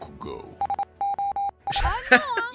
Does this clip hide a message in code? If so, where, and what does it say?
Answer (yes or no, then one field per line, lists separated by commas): no